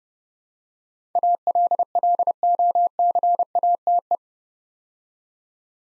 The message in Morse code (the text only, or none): ALLOCATE